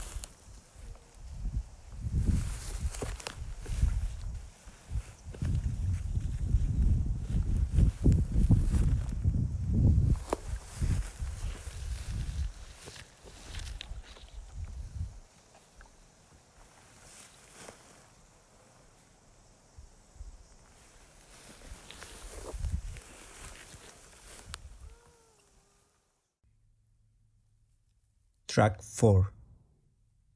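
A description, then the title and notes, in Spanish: A New Zealand summer recording: rustling and low, rumbling handling or wind noise fill the first fifteen seconds, then ease into quieter outdoor ambience with a few faint bird chirps. Near the end it falls almost silent before a brief sharp burst around 28 seconds. Este es un audio ambiental, de los ahora nostálgicos sonidos del verano Neozelandés, es una postal auditiva desde el pequeño pueblo de Mangawhai.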